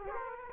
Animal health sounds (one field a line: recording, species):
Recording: mosquito wingbeat signal from an infrared sensor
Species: Aedes aegypti